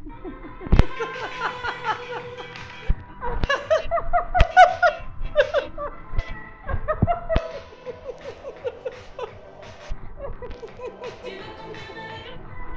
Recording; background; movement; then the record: laughter; music; walking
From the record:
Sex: female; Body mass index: 21.8 kg/m2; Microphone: on the chest, facing the body